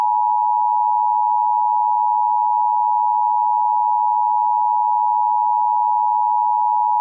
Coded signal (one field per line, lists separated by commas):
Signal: Emergency Alert System (SAME) tones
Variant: 853 and 960 Hz attention tone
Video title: AKC WXL EAS Test, again